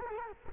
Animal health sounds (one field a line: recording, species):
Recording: mosquito wingbeat signal from an infrared sensor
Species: Culex quinquefasciatus